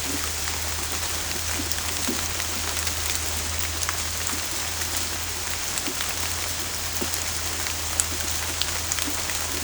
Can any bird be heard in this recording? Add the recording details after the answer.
no. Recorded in secondary vegetation near Puerto Asís, Putumayo, Colombia, on 22 December 2024 at 18:00. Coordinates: 0.481, -76.318. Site G042